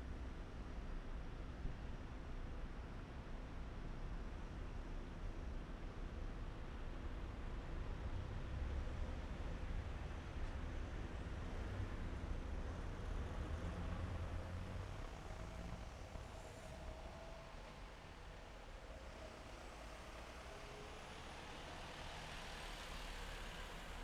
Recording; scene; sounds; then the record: everyday scene through a hearing-aid microphone; in traffic; traffic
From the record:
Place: main city hub, rush hour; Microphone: behind the ear, left, front